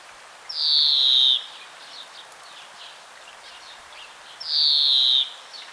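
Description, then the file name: European greenfinch, two drawn-out buzzy wheezes, each under a second and gently falling, separated by about three seconds of faint background bird twittering. "Chloris chloris"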